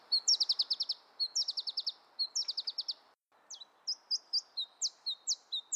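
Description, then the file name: Iberian chiffchaff song: several fast bursts of rapid high notes, followed by slower, separate chip-like notes after a brief pause. Quiet background. "iberischer zilpzalp"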